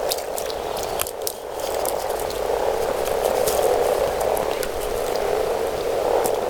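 Frogs call in a dense chorus, a continuous rough rattling croak with swelling waves, plus scattered sharp clicks.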